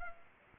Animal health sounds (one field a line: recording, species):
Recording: mosquito wingbeat signal from an infrared sensor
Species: Anopheles arabiensis